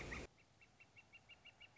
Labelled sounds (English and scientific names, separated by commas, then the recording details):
Northern Flicker (Colaptes auratus)
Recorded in Sonoma County, California